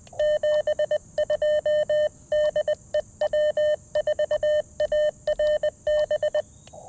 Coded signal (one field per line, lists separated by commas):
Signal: Morse code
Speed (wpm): 24 wpm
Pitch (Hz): 590 Hz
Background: none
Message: 72 DE W4ARB